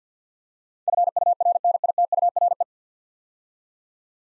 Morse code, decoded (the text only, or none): FURNITURE